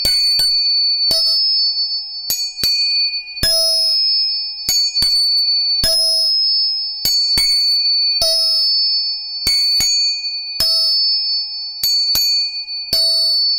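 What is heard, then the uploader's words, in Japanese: A tuning fork is struck again and again, each strike a sharp metallic click followed by a clear, bright ringing tone that hangs steadily between hits. Strikes come irregularly, roughly every second, some in quick pairs. 音叉チューニング3本。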